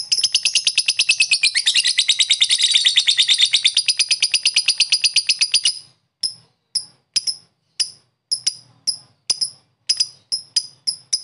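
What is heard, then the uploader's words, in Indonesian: A lovebird churns out a rapid, bright chattering trill for six seconds, then breaks into separate sharp high chirps spaced about half a second apart. Love bird ngetik ngekek.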